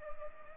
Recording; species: mosquito wingbeat signal from an infrared sensor; Culex pipiens